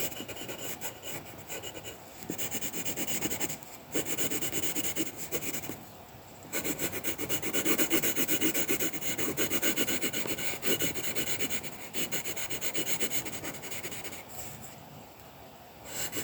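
Colouring pencils scratch and rub across paper in a steady, dense rasp of quick back-and-forth strokes, sounding dry and papery. Short pauses break the strokes at about 2, 4, 6 and 15 seconds, and the rubbing swells louder around the eight-second mark.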